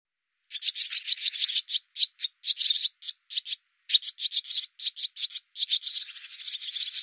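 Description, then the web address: Barn swallow calling in a nearly continuous chatter of short, dry, clicking notes, with a few brief pauses. "cianscape birddata Deverinetal 2025 Bird Hi Ru"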